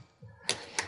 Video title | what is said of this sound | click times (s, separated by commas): توجيه ليحل محل ديل انسبايرون N4010 الشاشة | if you hear the snaps that's a good sign | 0.5 s, 0.8 s